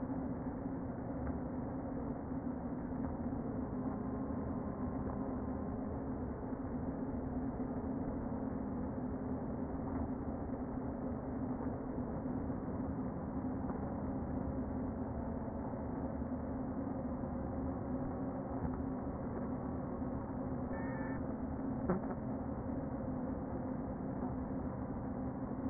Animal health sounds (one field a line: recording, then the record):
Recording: honeybee colony, microphone inside the hive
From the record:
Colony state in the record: queen present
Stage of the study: before two queens were removed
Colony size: about 60,000 bees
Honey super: yes